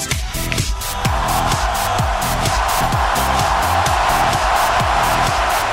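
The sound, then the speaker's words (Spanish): Loud, continuous applause sound effect played on the radio program Alta Tarde, a dense wash of clapping with a steady rhythmic pulse and a low tonal bed underneath, lasting throughout without any voices. “Aplausos.”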